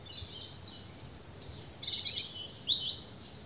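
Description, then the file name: European robin song: thin, high whistled phrases followed by lower, squeaky slurred notes. "Erithacus rubecula"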